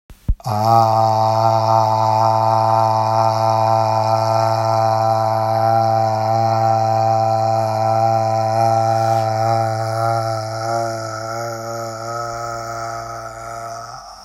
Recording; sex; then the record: sustained vowel /a/; male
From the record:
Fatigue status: no fatigue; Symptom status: asymptomatic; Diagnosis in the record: COVID-19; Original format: m4a